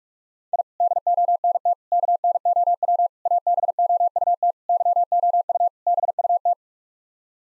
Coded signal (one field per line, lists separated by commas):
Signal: Morse code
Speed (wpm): 46 wpm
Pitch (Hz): 700 Hz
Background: none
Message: I DONT KNOW ABOUT YOU BUT